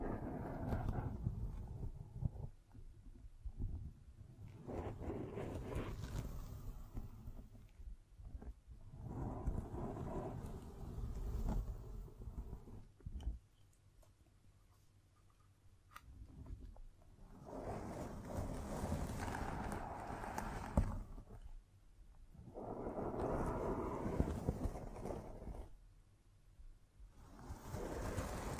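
Scratching and tracing sounds rub and drag across a surface in long, dense passes, low and rough for the first thirteen seconds. A quieter stretch follows with a few small taps, then brighter, hissing strokes return in bursts around 18, 23 and 27 seconds.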